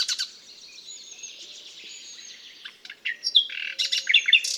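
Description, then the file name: Common nightingale song: rapid clicking notes, a long high whistled note, then loud sharp varied phrases near the end. "Luscinia megarhynchos"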